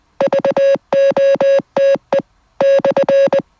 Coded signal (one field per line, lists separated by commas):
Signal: Morse code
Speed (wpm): 20 wpm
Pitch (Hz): 550 Hz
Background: none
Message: VOTE /